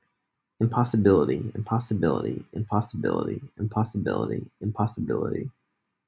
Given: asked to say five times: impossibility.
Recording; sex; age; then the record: repeated word; male; 30 to 39 years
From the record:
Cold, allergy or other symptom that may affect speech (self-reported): no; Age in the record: 36 years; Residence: United States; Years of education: 20